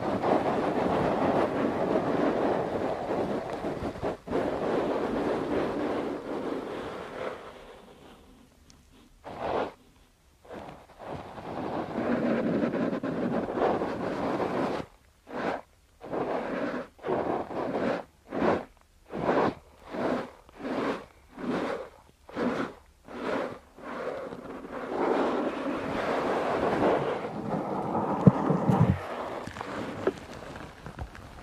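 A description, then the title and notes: Muffled wind buffets a microphone, first as steady rumbling gusts, then chopped into rapid regular bursts around 15–23 seconds, before swelling again. Windy Muffs, Scratching the 3DIO.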